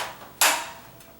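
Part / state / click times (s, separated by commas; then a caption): hinge lock on an articulating aluminium ladder / seated / 0.4 s. The metal hinge section of an articulating aluminium Little Giant ladder is swiveled after its lock buttons are released. A sharp, bright metallic click rings out at 0.4 s as the hinge lock clicks into place, followed by a faint tick near 1.0 s. The hinge lock is seated.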